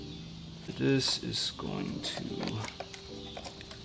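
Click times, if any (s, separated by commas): 3.6 s, 3.7 s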